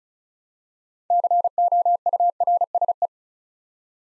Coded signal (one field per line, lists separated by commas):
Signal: Morse code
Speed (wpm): 36 wpm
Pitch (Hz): 700 Hz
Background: none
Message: COURSE